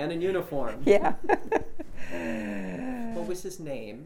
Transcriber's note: she laughs